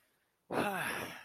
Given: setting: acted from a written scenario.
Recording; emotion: vocal sound without words; serenity